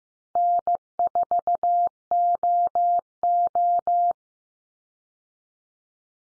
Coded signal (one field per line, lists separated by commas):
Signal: Morse code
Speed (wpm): 15 wpm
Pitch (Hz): 700 Hz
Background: none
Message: N4OO